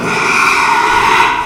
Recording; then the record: squeal of a Yucatan mini pig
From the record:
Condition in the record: after surgery on the right vocal fold (resection and tissue-engineered implant); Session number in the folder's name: 1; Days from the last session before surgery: 6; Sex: male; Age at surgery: 12 weeks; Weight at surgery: 13 kg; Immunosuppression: cyclosporine, prednisolone